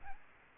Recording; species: mosquito wingbeat signal from an infrared sensor; Aedes albopictus